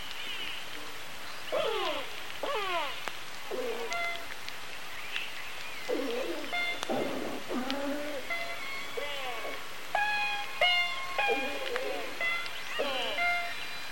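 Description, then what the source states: Killer whale calls, several descending harmonic squeals with brief tonal notes and occasional clicks. Resident orca, I15, G-clan; pings.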